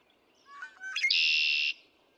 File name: Red-winged Blackbird